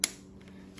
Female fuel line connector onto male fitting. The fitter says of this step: right inside here you'll hear a click